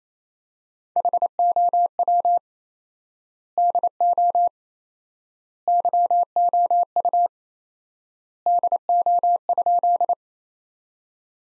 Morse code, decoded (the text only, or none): HOW DO YOU DO?